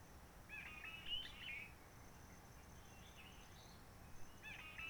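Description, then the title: Réunion bulbul song: a warbled whistled phrase, a fainter one, then another starting, over quiet ambient noise. Roche Merveilleuse, Réunion; forest quiet since lockdown of 19 March 2020, no visitors, microlights or helicopters; sunny blue sky; birds not very active; song simpler, short phrases adapted to past aircraft noise. "Roche Merveilleuse, Réunion - Merle de lîle de la Réunion."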